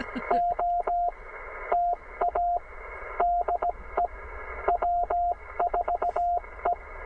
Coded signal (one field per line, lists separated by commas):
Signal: Morse code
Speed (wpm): 17 wpm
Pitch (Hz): 700 Hz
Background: radio noise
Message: OTA DE W4E